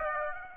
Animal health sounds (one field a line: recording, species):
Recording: mosquito wingbeat signal from an infrared sensor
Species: Aedes aegypti